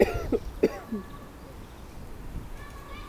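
A child gives about three short, throaty coughs in quick succession, then quiet background noise.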